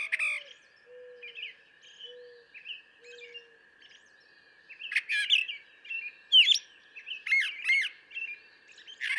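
Brown thrasher song, quiet at first, then loud varied phrases from midway, some notes sharply doubled, with a few faint low drawn-out tones underneath and a steady thin hum.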